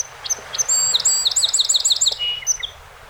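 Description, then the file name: Song sparrow song: a few sharp high notes, then a quick run of repeated bright chirps, ending in a lower note. One of 48 songs recorded on 7 June 2018. "2018-06-07 Song Sp 48 Songs"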